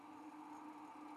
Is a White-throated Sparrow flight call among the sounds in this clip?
no